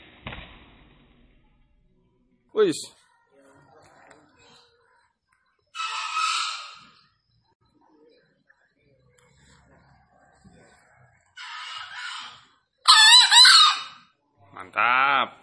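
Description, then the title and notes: Green junglefowl giving several brief, rasping crows spaced through the recording, the last ones loudest, with a quick sliding squeal early on. Wild Green junglefowl, released and set free, calling persistently from up in a tree; used as a lure for catching junglefowl. "Panggilan Ayam Hutan Liar. Keren Sekali Ayam Hutan Hijau Dilepas Bebas n Bunyi Gacor Diatas Pohon. Pemikat Ayam Hutan"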